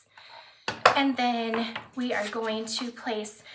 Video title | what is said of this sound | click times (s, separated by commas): Craft Along with the Natural Beginnings Collection | drop it in and it will click into place. | 0.7 s, 0.9 s